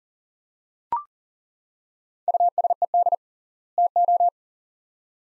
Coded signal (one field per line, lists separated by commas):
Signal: Morse code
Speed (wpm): 40 wpm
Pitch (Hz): 700 Hz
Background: none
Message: USED TO